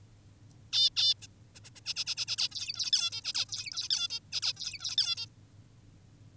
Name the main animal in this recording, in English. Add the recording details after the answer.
Zebra Finch. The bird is an adult. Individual g19o10U